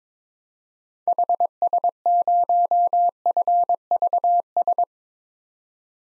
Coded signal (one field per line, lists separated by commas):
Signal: Morse code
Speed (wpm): 22 wpm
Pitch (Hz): 700 Hz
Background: none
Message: HS0FVS